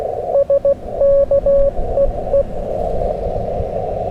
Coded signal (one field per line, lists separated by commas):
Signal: Morse code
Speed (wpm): 15 wpm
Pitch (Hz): 560 Hz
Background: radio noise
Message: SK EE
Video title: STRAIGHT KEY, QRP Parks on the Air FUN @ US-3786 #qrp #straightkey #cw #parksontheair